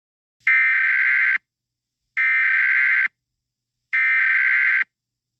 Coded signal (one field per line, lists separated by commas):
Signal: Emergency Alert System (SAME) tones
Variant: header bursts